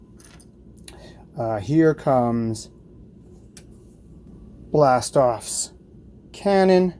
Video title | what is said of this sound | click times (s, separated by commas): Go-Go-KO Episode 003: Pocket Toys' Ruiner B. Bruticus | quite cool looking on its own this flips down barrel flips up and locks into place good | 0.9 s